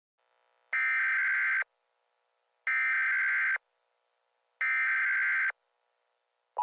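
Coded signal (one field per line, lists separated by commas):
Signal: Emergency Alert System (SAME) tones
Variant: header bursts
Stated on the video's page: Simulated EAS alert, a fictional scenario.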